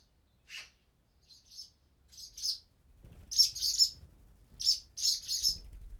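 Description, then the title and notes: Swallow chicks giving high, hissy begging calls in short bursts, growing louder and more crowded toward the end, with faint low rustling beneath. Nestlings moving in their nest in a nearby cellar, parents coming to feed them; Chaussenans, France; excerpt of a long recording, 96/32, MixPre-6 II, DPA 4022 ORTF in Cinela Albert. "BB HIRONDELLES CAVE, 39800 Chaussenans, France - BÉBÉ HIRONDELLES NID DANS LA CAVE. NID D'HIRONDELLES DANS LA CAVE EN PROXIMITÉ. Les Bébé bougent dans leur nid et leur parents viennent les nourrir"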